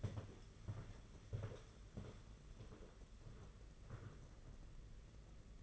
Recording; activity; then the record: daily activity, microphone in the room; walk to room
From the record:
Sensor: 4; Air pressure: 992.9 hPa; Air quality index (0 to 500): 175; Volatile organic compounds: 334 ppm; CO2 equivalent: 4553 ppm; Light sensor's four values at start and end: 4/10/4/4 and 4/10/4/5